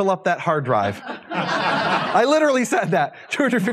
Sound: laughter